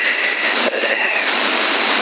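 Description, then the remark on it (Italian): A microwave oven runs with a steady, loud whirring hum that holds evenly for about two seconds, then switches off, with no voices over it. “Dai, detto ciò, si è spento il microonde adesso, dai, io inizio a ruminare e vi ascolto, ok?”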